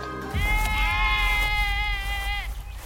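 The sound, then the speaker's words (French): A single long, wavering bleat from a sheep grazing on Mount Ida, lasting about two seconds, with a strong nasal, harmonic tone and slight tremble, over a steady low rumble. “Troie, oui, c'est vrai que c'est sympa, mais ses moutons lui manquent. Alors, de temps en temps, il retourne les faire paître sur le mont Ida.”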